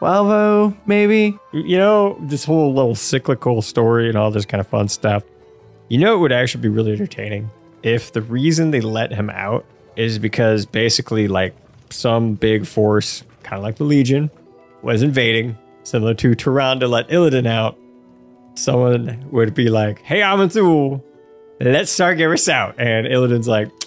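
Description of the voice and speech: A single adult man talks casually in a mid-low voice, with smooth voicing, lively pitch and short natural pauses between phrases. Speech is fluent and clearly articulated, with ordinary conversational fillers and no sign of a voice or speech disorder.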